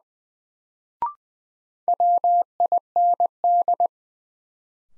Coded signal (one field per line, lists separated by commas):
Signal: Morse code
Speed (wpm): 20 wpm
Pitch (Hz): 700 Hz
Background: none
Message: WIND